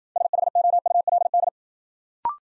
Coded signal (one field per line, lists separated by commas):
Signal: Morse code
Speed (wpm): 51 wpm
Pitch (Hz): 700 Hz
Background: none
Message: SHOULD